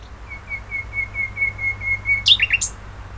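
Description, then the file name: Common nightingale song: a long series of steady, evenly spaced whistled notes on one pitch, ending in a few sharp, high chirps. "Luscinia megarhynchos"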